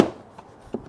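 A plastic cowl panel on a Ford Maverick, worked on for water in the passenger-side floor, is massaged into place under the windshield edge and seats with a sharp click at 0.0 s. Two fainter taps follow at about 0.4 s and 0.7 s. The panel is confirmed pressed home at the windshield base.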